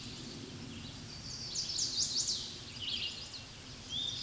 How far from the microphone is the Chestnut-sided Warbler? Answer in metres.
about 30 m